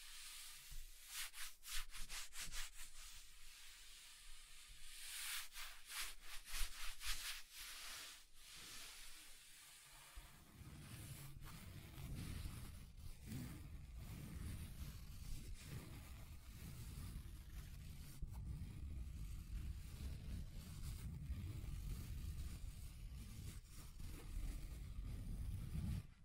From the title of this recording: Table Scratching Different Surfaces